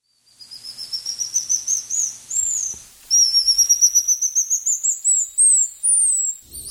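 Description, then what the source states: Golden lion tamarin chips and chirps: very high, thin rising whistles and rapid chip notes, first a climbing series, then a dense run of repeated chirps, about four per second. In the wild; species lives only in Atlantic coastal forests near Rio de Janeiro, Brazil; sounds described as chips and chirps.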